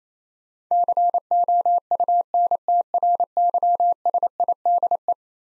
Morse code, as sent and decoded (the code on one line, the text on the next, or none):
-.-. --- ..- -. - .-. -.-- ... .. -.. .
COUNTRYSIDE